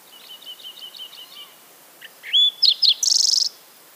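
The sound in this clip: Green-tailed towhee singing: faint evenly spaced introductory notes lead into a bright slurred whistle, two sharp chips, and a rapid high-pitched buzzy trill to finish.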